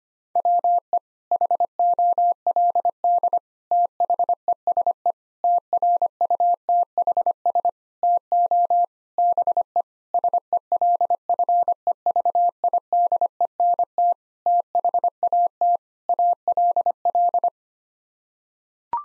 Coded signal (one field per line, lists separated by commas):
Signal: Morse code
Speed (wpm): 25 wpm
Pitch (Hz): 700 Hz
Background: none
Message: WE HOLD THESE TRUTHS TO BE SELFEVIDENT THAT ALL